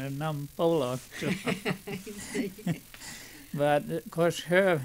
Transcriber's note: he laughs